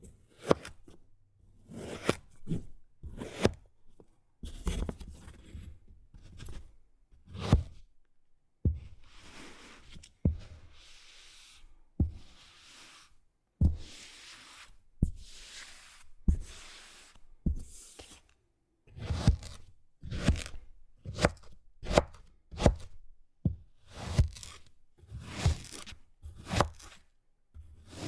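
Kinetic sand being cut and pressed. Short crisp crunching and slicing strokes come one after another at an uneven pace, roughly every half second to second, with a few softer, longer scraping passes between them.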